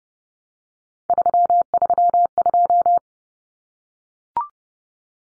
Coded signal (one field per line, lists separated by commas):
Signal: Morse code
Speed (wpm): 30 wpm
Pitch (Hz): 700 Hz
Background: none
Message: 332